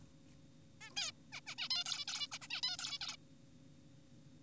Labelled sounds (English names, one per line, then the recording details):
Zebra Finch
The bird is an adult
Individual g4p5U